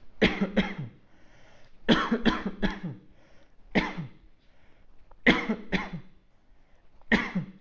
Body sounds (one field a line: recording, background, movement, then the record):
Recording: voluntary coughing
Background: quiet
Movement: sitting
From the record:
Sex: male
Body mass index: 20.5 kg/m2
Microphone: on the chest, facing outward